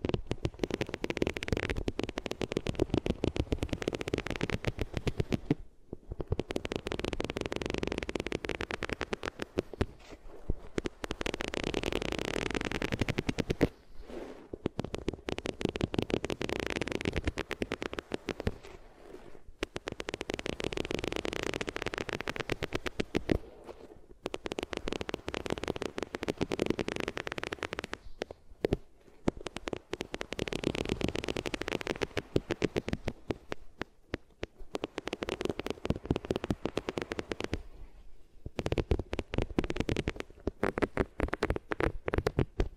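Ears are rubbed on different materials in dense, scratchy bursts of low rumble and hiss, broken by brief silences roughly every four to five seconds.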